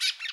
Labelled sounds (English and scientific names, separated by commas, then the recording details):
Brown-throated Parakeet (Eupsittula pertinax) contact call
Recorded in Bonaire